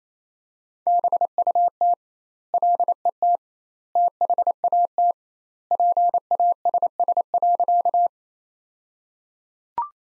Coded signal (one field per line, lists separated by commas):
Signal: Morse code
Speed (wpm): 28 wpm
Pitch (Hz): 700 Hz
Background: none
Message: BUT LET THAT PASS.